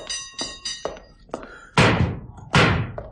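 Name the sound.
knocking on a door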